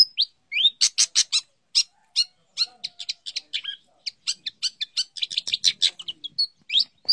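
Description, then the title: Long-tailed shrike song, a fast, varied run of sharp chirps, buzzy notes and short whistles packed closely together, with brief pauses between bursts. Champion bird. "Kicau Burung Cendet Juara"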